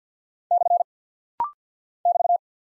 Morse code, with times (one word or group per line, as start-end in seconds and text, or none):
0.5-0.8 /
2.1-2.4 <BT>